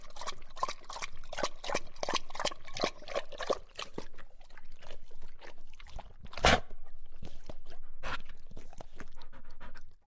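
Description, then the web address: Dog lapping water in a fast rhythmic run that slows and thins out, with one louder splash near the middle. Drinking water. "perro bebiendo agua"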